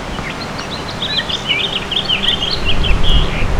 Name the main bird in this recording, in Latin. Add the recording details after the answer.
Haemorhous mexicanus. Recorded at Bellport on Long Island, New York, on 21 June 2013. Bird C